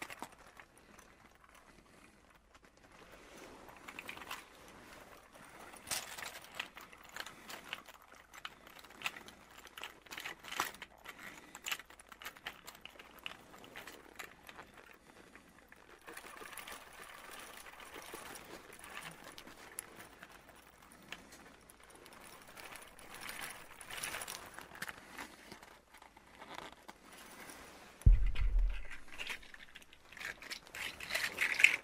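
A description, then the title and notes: Soft rustles and creaks of a leather coat come in irregular, shifting bursts, with faint crackling and small clicking textures throughout. The movement swells and fades in waves, and a louder, deeper thump or scrape lands near the 28-second mark. The gentle sounds of his leather coat and a beautiful land octopus.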